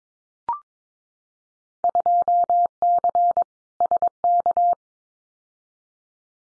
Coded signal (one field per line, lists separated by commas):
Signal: Morse code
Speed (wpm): 22 wpm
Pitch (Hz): 700 Hz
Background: none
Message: 2C SK